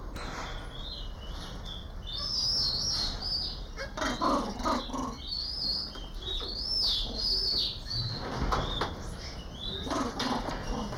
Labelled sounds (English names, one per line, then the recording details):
Crab-eating Macaque call
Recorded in captivity
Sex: group
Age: diverse
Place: Primatenstation Kassel, Hessen, DE
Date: 1995-09-24 13:38
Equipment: Sony WM-D6C, Sennheiser ME 80, Kopie Uher 4000 Report Monitor
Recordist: Tembrock, Günter